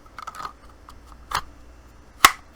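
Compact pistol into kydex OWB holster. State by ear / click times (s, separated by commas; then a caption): seated / 2.2 s. A Taurus G3C 9mm compact pistol is pushed into a Forged Tec kydex OWB holster, with a few light plastic clicks and rustles in the first half second and another tap around 1.4 s. The pistol then snaps firmly home with a sharp, loud click at 2.3 s and is seated in the holster.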